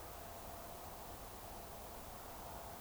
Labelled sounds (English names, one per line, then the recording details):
Eurasian Woodcock whistle
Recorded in Baden-Württemberg, Germany, on 15 June 2020 at 02:28 UTC
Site 43791, 788 m above sea level